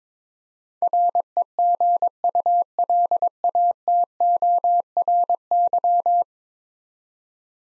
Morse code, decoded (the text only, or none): REGULATORY